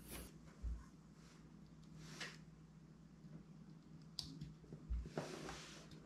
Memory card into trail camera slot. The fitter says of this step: And just push it in. You might need like a little knife or a tool or something because it's so small, but just push it in till you hear that click and you should be all set.